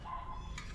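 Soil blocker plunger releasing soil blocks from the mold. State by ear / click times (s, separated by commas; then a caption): released / 0.6 s. A hand-held soil block maker, pressed into the tray and pulled back up, is given a small click of its plunger to release the soil blocks from the mold. Over a steady low rumble and a faint tone near 1 kHz, a short, bright click sounds at 0.6 s. The blocks are released.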